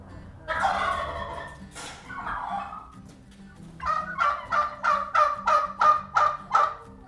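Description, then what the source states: Wild Turkey gobbling: a few rough, broad calls, then a rapid rattling gobble of about nine evenly spaced pulses over three seconds. Wild turkeys heard during the cycles of the breeding season.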